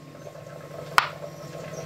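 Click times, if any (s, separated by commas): none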